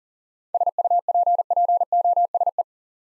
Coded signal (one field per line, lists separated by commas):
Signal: Morse code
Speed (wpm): 42 wpm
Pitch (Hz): 700 Hz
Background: none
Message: SUPPOSE